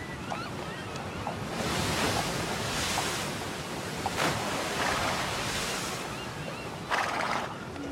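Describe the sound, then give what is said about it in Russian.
Rough sea waves crash and surge in broad, hissing bursts while a steady wind roars underneath, with several louder swells rising and falling over the constant noise. “Затем снова вернулись к буйному морю.”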